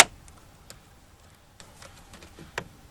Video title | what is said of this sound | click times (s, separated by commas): 2000-2006 TOYOTA TUNDRA WINDOW REGULATOR / MOTOR REPLACEMENT - DIY | these little circles just snap back into place like that | 0.0 s